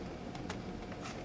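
A wiring jack is pushed into its socket while a replacement steel gearbox is fitted to a 1/16 scale Heng Long T90 RC tank. Against a steady background hiss, two short, sharp clicks come at about 0.4 and 0.5 seconds. The jack snaps in and is fully seated.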